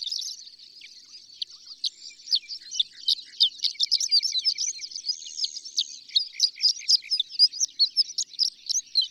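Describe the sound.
Horned lark song: a long, high, tinkling run of rapid chips and short buzzy twitters that rarely pauses, with a faint row of evenly spaced lower ticks beneath.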